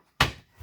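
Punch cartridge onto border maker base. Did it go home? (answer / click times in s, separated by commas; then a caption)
yes / 0.2 s. A plastic punch cartridge is lined up on one peg and six pegs of a border maker base, with paper already placed in the border maker, and pressed down. It clicks onto the base at 0.2 s with a sharp, broadband snap that decays over a few tenths of a second, followed by a faint low thump near the end. The cartridge is seated on the base.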